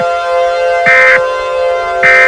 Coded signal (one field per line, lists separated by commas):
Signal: Emergency Alert System (SAME) tones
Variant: end-of-message bursts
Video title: EAS Scenario: La Tormenta De Ranchos (1999)